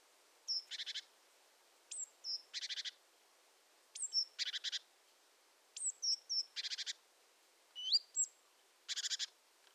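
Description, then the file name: Great tit call sequence, a sharp high note then a grating, pulsed churr, given about every two seconds in a steady pattern. "Parus major"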